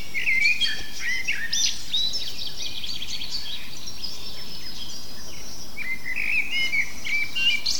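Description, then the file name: Common blackbird giving short, sharp chirps and brief sweeping whistles over a steady low rumble of background noise. "Turdus merula"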